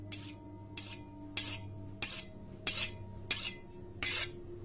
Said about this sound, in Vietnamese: Có những hôm thì ông lại nghe tiếng bà ấy mài dao xoèn xoẹt ở dưới bếp.